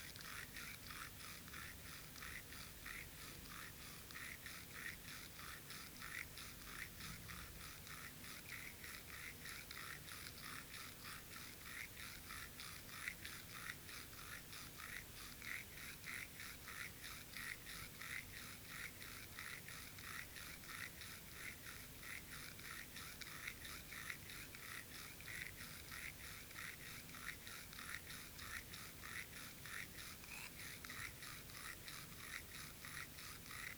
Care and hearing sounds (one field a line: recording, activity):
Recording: daily activity, guitar pickup as the sensor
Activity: brush teeth